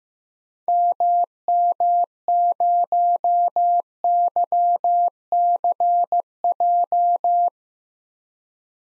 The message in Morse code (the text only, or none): MM0YCJ